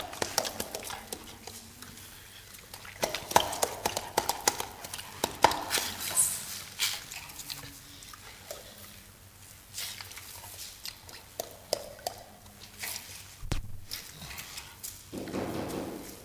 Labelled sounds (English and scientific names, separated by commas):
Chimpanzee (Pan troglodytes) call